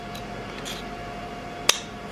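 A server CPU, lined up by its gold arrow with the arrow on its heatsink carrier, is pressed into the carrier clip. One sharp, short click sounds at 1.7 s over a steady low hum, and the CPU is seated in the carrier.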